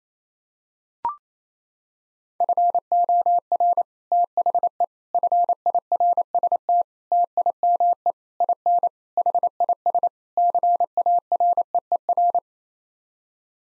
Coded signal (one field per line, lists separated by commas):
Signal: Morse code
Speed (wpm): 28 wpm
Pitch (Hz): 700 Hz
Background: none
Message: FOR THE FIRST TIME IN HIS CAREER